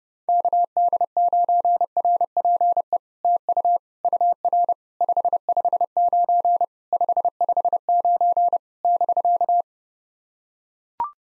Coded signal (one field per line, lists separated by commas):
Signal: Morse code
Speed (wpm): 30 wpm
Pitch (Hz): 700 Hz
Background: none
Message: KD9RPE TU UR 559 559 <BK>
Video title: POTA QSO Practice - 30wpm